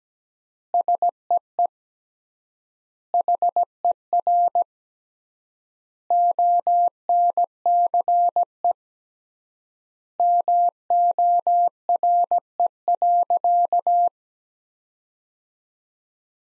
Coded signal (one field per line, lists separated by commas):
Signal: Morse code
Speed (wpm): 17 wpm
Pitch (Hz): 700 Hz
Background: none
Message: SEE HER ONCE MORE.